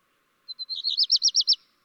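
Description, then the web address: Black redstart song phrase: a few thin high whistles followed by a fast series of rising-falling notes, about one second long, with no other sounds. "chant xeno-canto rougequeue noir"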